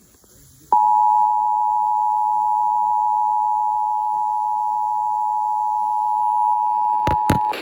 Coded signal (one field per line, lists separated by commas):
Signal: Emergency Alert System (SAME) tones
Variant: 853 and 960 Hz attention tone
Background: speech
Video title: EAS #255 Severe Thunderstorm Warning